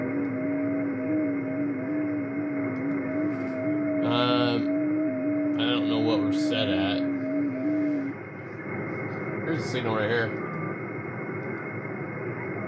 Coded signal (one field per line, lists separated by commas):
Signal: FT8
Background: speech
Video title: 3:30am ham radio report and shack updates